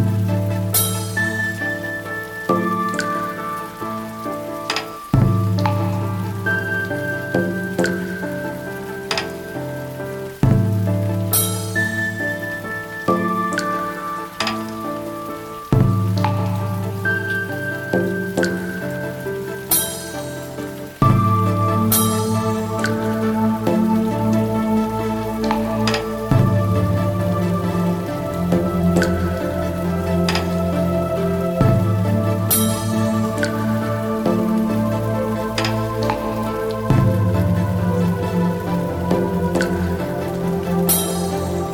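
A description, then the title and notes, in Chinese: Soft instrumental music plays over a light, steady patter like fine rain. Warm low notes and sustained chords shift roughly every five seconds, each change marked by a soft struck accent. From about twenty seconds in, the music grows fuller and slightly louder, holding steady to the end. 純音樂雨天版。加上細雨的聲音~~彷彿置身在空靈的山谷中。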